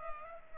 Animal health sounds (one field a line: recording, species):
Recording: mosquito wingbeat signal from an infrared sensor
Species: Culex pipiens